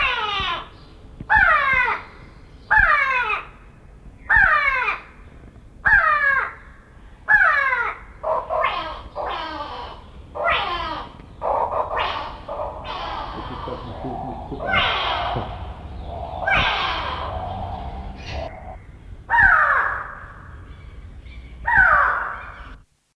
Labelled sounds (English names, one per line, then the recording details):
Grey Go-away-bird call
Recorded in captivity
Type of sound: call
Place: Artis Zoo, Nordholland, NL
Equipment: Halbspur, 9,5 cm/s
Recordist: Lütgens, Hans
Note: Rufe